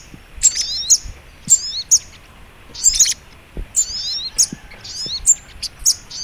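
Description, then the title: Little Spiderhunter song: bright high chirps and slurred downward notes in quick bursts over a quiet hiss. Training recording (masteran). "Masteran Burung Sogok Ontong Labaik"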